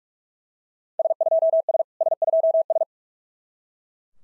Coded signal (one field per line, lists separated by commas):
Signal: Morse code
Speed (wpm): 40 wpm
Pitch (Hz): 660 Hz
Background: none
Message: S2S S2S